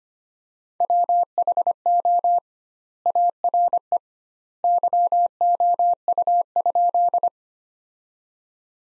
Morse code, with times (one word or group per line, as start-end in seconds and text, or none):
0.8-2.4 WHO
3.1-4.0 ARE
4.6-7.3 YOU?